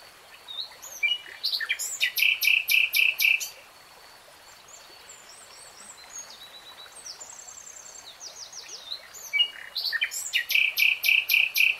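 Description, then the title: Nightingale song: a loud run of rapidly repeated notes, a quieter stretch of varied whistles, then another loud burst of repeated notes. Nightingale singing, from a three-hour recording in real time. "[Tiếng chim hót] 3 Hours REALTIME Nightingale Singing"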